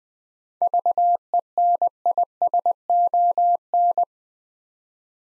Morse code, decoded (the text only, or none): VENISON